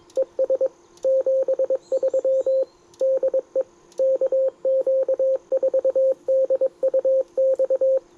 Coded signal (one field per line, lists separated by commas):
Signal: Morse code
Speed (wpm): 22 wpm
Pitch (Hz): 530 Hz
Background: radio noise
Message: ES 73 DE KQ4DUX